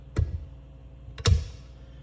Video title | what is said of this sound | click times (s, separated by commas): DIY ENGINE REBUILD MUSTANG 3.8 SN 95 PART 2 | and then you'll hear it snap as I close it | 1.3 s